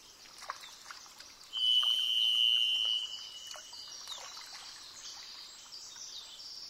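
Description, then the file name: Varied thrush song, a single drawn-out, even-pitched whistle with a burry edge, held for over a second amid continuous hiss. "jh-040427-variedthrush"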